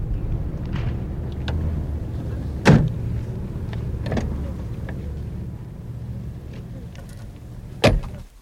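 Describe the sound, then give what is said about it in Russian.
People climb into a car and two doors slam shut with sharp, heavy thuds several seconds apart, over a steady low rumble with softer clicks and rustling in between. “Пойдем в тачку, потолкуем.”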